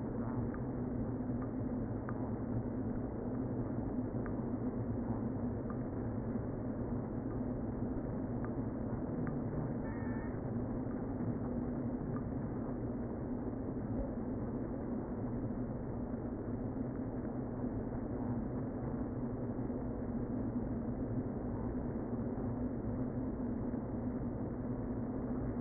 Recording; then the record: honeybee colony, microphone inside the hive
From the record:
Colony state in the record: queen present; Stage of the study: before two queens were removed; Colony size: about 60,000 bees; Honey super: yes